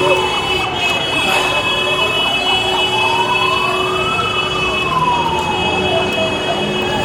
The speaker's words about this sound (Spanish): Es lo que ocurre a esta hora de la mañana, el audio ambiente, prácticamente sirenas, silencio, varios gases lacrimógenos han sido dispersados hasta el sector de cruce a Viacha